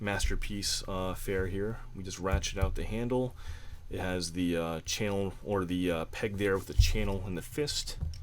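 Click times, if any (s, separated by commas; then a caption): none. Someone talks while the handle of a plastic toy gun is ratcheted out and its peg is handled toward the channel in a BadCube Sunsurge action figure's plastic fist, with faint handling sounds under the voice. The peg is meant to pop into place, a little loose until the hand is closed, but nothing has seated or clicked yet by the end of the clip.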